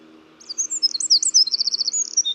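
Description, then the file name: Eurasian wren song: a rapid burst of very high, sharp notes that runs into a fast, evenly pulsed trill, then ends in a short high note, over a faint low hum. "Troglodytes troglodytes"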